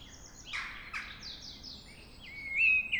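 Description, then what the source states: Mistle Thrush song: soft scratchy notes, then a clear rising whistled phrase that levels off and ends with a brief flourish near the close. Singing at dawn.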